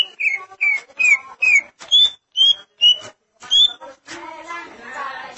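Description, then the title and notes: Greater green leafbird song: a steady series of about eight whistled notes, the first few slurring downward, roughly two per second, then a softer, noisy, chattering passage. "Suara Kicauan Burung Cucak Ijo"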